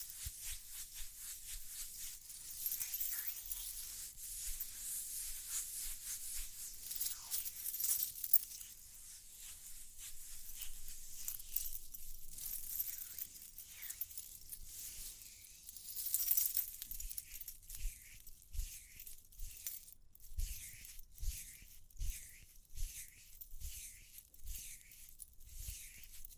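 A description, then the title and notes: Bright scratching and rustling fills the first half, then gives way to quick regular tapping with faint jingling accents near the end. ASMR Relaxing Tapping, Scratching, Ear Cleaning with Jingling Sounds (No Talking).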